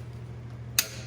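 A long torque wrench is pulled on a bolt of a Detroit Diesel 6-71 engine until it breaks over at its setting with a single sharp, broadband click at 0.8 s, over a steady low hum. The click is confirmed and the bolt is torqued to setting.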